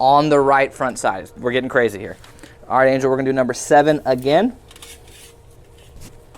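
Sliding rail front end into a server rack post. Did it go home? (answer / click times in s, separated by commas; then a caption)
no / none. Someone talks while the front end of a steel sliding rail for a Dell PowerEdge R6525 server is handled at the right front square-hole rack post, position 7. After the talking, faint light handling taps come at about 4.7–4.8 s and again near 6.4 s. Nothing has seated or clicked into place yet.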